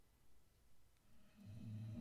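A low, rumbling snore builds in the second half of a quiet moment: a pet dog named Zoe snoring in the background while asleep.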